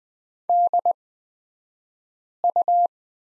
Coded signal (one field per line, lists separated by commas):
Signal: Morse code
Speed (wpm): 20 wpm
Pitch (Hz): 700 Hz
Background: none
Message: DU